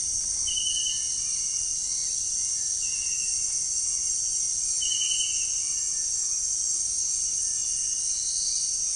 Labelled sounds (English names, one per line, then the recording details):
none
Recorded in pastures near Puerto Asís, Putumayo, Colombia, on 25 June 2025 at 18:00
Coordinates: 0.466, -76.322
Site GP07